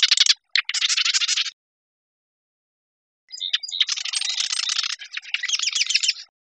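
Marsh wren giving rapid buzzy rattling trills, a few bursts near the start, then a gap, then a longer mechanical chattering run.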